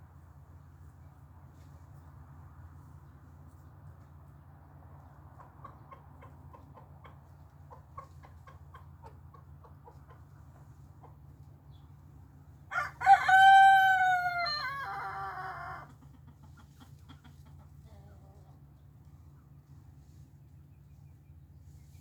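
A rooster crows once, loud and drawn out, from about 13 to 16 seconds, the call falling away at the end. Before it, faint clucks and softer bird calls come and go, all over a steady low hum that runs the whole time.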